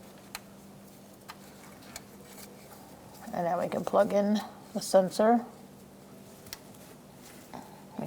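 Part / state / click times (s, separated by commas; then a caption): wiring harness connector into crankshaft position sensor / seated / 6.5 s. A plastic wiring harness connector is plugged onto a new crankshaft position sensor on a 2012–2017 Hyundai Accent with the 1.6L L4 engine. A few faint ticks come through a low steady hum, then someone talks in the middle of the clip. Afterward a sharp click at 6.5 s shows the connector seating, followed by a few softer ticks.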